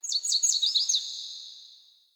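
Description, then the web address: Sparrow song, a short burst of high, sweet chirping notes, then a thin trailing tone that fades out. Song and vocalizations. "Soulframe Sound Sparrow Vocalizations Sparrow Song"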